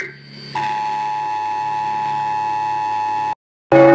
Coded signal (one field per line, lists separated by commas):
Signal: Emergency Alert System (SAME) tones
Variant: 853 and 960 Hz attention tone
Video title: So I made Oceania eas alarms